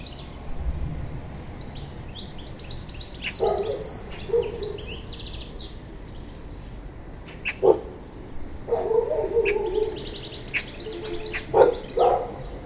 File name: Carduelis carduelis